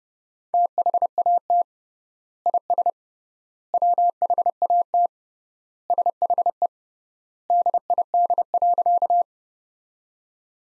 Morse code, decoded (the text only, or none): THAT IS WHAT SHE DID.